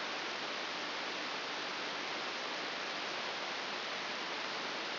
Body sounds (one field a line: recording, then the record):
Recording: brain microelectrode recording played as sound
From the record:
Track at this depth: inside the subthalamic nucleus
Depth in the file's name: 5.201 mm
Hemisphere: right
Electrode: 3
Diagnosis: Parkinson's disease